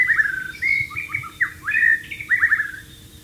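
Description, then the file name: White-rumped shama singing fluid whistled phrases that swoop downward, several distinct notes broken by brief gaps, over a faint low background hum. "suara burung murai batu di alam liar"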